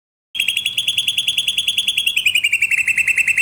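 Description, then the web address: Bird giving a rapid, high-pitched chirping trill of many fast repeated notes that dips slightly lower in pitch toward the end, starting abruptly after brief silence. "Chika Pengusir-Hama-Burung-Otomatis. dataset bird"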